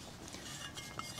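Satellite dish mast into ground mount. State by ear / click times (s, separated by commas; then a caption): not seated / none. A satellite dish mast is being fed up into the channel of the supplied ground mount, with faint clinks and low background noise heard, and a louder bump right at the end around 1.2 s. Nothing has seated or clicked yet; the clip ends just before the mast snaps into place.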